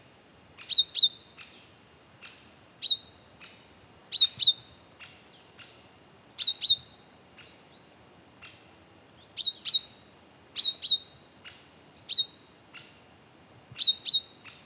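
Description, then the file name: Great tit calling persistently in high, sharp note pairs, about every second or two, with quieter chipping in the background. "Parus major"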